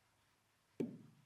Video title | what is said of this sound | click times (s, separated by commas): SSG10 Assembly | Now I heard the click, hopefully you could hear it too. | 0.8 s